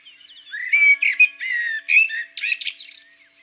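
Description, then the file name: Common blackbird song: a string of rich, harmonic, slightly harsh phrases, ending in a thin, high, hissing note. In the countryside. "Merle noir Chants doiseaux dans la campagne"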